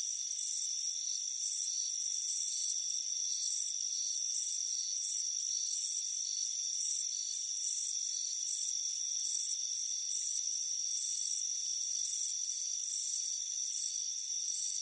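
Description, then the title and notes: Chirping crickets produce shrill, buzzy bursts in an uneven but continuous rhythm, layered over a steady high drone. Crickets chirping on a warm afternoon on a front porch. "Soothing Crickets Chirping Sound. It's a warm afternoon as you relax in a hammock on the front porch. Deep Sleep Sounds"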